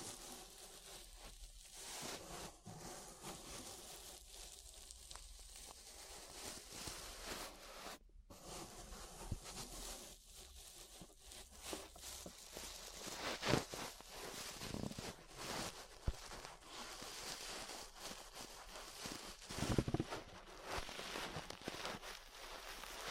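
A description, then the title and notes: Brushing sounds sweep and scratch continuously, a dense, bright rustle that rises and falls in uneven strokes. A brief silent gap falls near eight seconds, and sharper scrapes and thumps stand out around thirteen and twenty seconds. ASMR Relaxing 3Dio Ear Brushing (No Talking).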